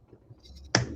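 A plastic ball socket on a model chest attachment is angled onto the ball end of a model chest piston and pushed home. After quiet handling rustle, one sharp click sounds at 0.75 s as the socket snaps onto the ball joint and seats.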